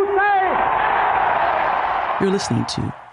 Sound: applause

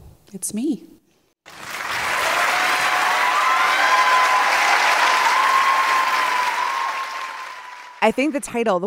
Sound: applause

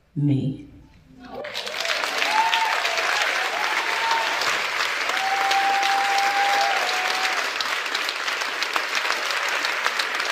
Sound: applause

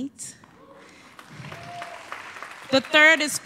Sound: applause

